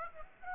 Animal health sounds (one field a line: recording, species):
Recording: mosquito wingbeat signal from an infrared sensor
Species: Aedes aegypti